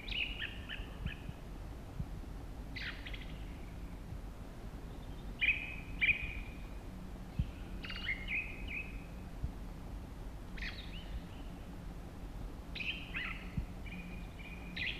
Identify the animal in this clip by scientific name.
Turdus torquatus